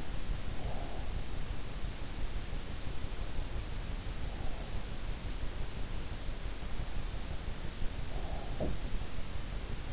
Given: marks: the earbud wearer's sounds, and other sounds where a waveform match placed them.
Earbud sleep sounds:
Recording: sounds in sleep by an in-ear microphone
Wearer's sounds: breath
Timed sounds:
0.00-1.35 s: breath
7.50-8.59 s: breath
8.59-9.42 s: sound from someone else or the room

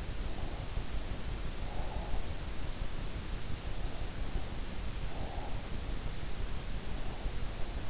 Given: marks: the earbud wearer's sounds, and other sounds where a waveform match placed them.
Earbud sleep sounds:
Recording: sounds in sleep by an in-ear microphone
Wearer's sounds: breath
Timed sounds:
1.14-2.54 s: breath
4.42-5.86 s: breath

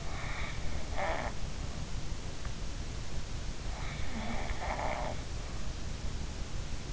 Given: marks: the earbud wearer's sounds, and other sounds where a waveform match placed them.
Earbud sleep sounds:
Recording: sounds in sleep by an in-ear microphone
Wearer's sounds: snoring breath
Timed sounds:
0.21-1.40 s: snoring breath
3.99-5.22 s: snoring breath

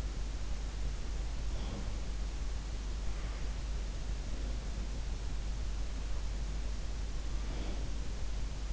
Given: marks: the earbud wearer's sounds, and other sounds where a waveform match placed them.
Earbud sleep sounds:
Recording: sounds in sleep by an in-ear microphone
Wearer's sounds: breath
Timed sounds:
1.46-1.98 s: breath
7.47-7.93 s: breath

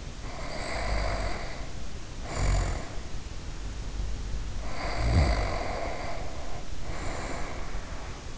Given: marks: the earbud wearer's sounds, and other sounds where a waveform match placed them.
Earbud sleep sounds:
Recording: sounds in sleep by an in-ear microphone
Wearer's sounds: snoring breath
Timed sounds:
0.10-3.21 s: snoring breath
4.45-8.38 s: snoring breath

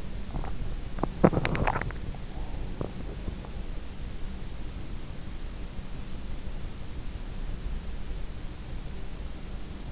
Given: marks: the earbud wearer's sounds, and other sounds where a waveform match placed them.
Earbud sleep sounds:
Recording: sounds in sleep by an in-ear microphone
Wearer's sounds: swallowing, teeth grinding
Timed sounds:
0.00-0.54 s: swallowing
1.02-3.63 s: teeth grinding

